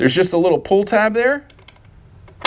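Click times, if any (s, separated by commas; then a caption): 2.5 s. Someone talks while the pull tab on the plastic battery pack of a Pride Mobility i-Go mobility scooter is pulled in its battery compartment. After a quiet stretch with faint ticks, the spring-loaded latch unlocks with a sharp click at 2.5 s, releasing the battery so it can come out.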